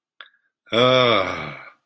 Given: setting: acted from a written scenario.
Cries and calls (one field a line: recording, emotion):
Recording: vocal sound without words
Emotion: ecstasy